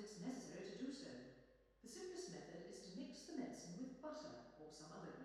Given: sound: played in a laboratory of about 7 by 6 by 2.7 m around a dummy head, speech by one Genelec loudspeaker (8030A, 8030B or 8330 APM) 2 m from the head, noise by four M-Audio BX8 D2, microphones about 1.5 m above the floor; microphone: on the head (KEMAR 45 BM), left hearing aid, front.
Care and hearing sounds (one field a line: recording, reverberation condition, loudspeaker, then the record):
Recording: female speech in English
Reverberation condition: high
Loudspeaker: 150 degrees to the right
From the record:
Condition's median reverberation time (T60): about 1300 ms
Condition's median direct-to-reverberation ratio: about -4.0 dB